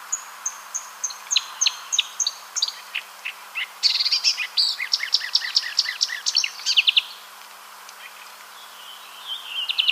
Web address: Acrocephalus palustris